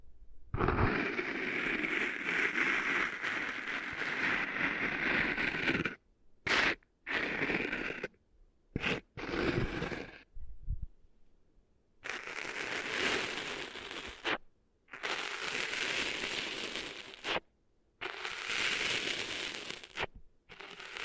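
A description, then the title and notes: Cleaning sand out of the ears, heard as dense, gritty rustling and scraping in bursts. A long stretch runs for the first six seconds, then shorter bursts of a second or two start and stop with silent gaps between them through to the end. ASMR Cleaning Sand Out of Your Ears (No Talking).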